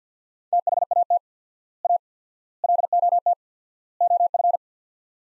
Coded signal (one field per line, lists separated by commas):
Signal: Morse code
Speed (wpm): 50 wpm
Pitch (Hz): 700 Hz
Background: none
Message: THAT A LOT OF